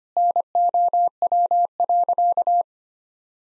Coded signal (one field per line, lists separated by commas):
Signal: Morse code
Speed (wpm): 25 wpm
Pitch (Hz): 700 Hz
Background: none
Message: NOW.